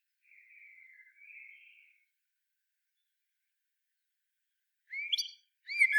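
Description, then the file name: Common blackbird song: a mellow warbled phrase lasting under two seconds, a pause, then two sharp, squeaky bursts near the end. "Turdus merula"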